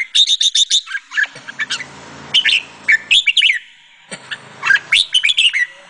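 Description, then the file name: Sooty-headed bulbul giving quick chirps and slurred whistled notes in several short phrases, with a low rumbling background sound during the pauses. "suara kutilang jambul"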